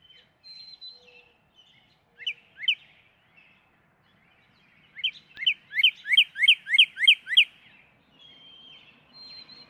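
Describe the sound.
Northern cardinal song: a rapid string of about eight bright slurred whistles, preceded by scattered softer notes.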